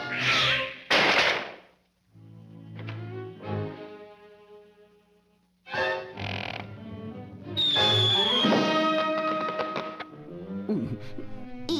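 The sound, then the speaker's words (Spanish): The cartoon cat Sylvester in a Looney Tunes cartoon lets out a series of loud, drawn-out meows and yowls, wavering up and down in pitch, broken by a few short hissy bursts and brief pauses. “Anda, sé buen gatito.”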